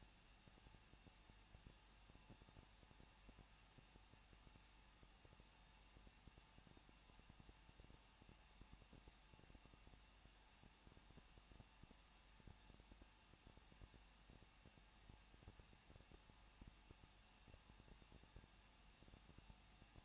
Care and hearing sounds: daily activity, microphone in the room; no activity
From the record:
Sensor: 1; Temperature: 20.1 degrees Celsius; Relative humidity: 39.0%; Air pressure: 1006.6 hPa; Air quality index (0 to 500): 216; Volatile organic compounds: 71 ppm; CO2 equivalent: 3532 ppm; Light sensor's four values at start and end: 1/2/1/1 and 1/2/1/1

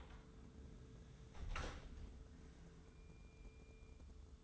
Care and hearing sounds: daily activity, microphone in the room; close door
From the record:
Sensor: 3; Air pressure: 1015.1 hPa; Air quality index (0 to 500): 111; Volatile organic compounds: 4 ppm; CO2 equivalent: 1548 ppm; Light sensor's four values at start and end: 15/40/16/17 and 15/39/16/17

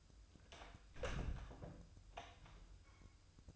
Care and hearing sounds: daily activity, microphone in the room; close door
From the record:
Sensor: 2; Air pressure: 1004.8 hPa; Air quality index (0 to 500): 74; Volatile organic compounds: 1 ppm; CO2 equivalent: 874 ppm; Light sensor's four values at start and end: 7/17/7/7 and 7/17/7/7

